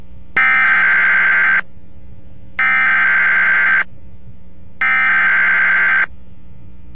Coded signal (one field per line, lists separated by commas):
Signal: Emergency Alert System (SAME) tones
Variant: header bursts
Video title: A REAL EAS ALERT FROM WBAP: 6/10/09- 3/4